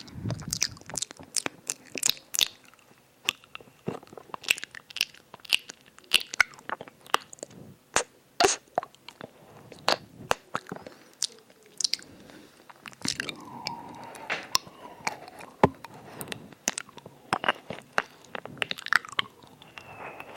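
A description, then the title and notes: Mouth and eating sounds: dense, irregular wet clicks and crunchy bites, with a brief murmured voice around thirteen seconds. ASMR EAR EATING [tingly mouth sounds].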